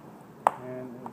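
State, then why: Seated. A replacement keyboard for an Acer Aspire 6742 laptop is pressed down into the plastic palmrest deck of the laptop chassis until its retaining tabs snap in. A sharp, loud snap at 0.5 s stands out against a quiet background, followed by a fainter tick near 1.1 s. The keyboard is seated.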